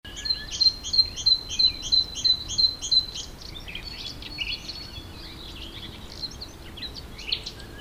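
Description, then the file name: Great tit repeating high, sharp notes rapidly for a few seconds, then tailing off into looser, scattered chirps. "Parus major"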